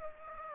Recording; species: mosquito wingbeat signal from an infrared sensor; Aedes aegypti